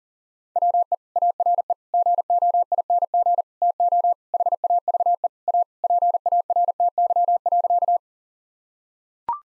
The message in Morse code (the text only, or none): WE ARE GOING TO HAVE A PARTY.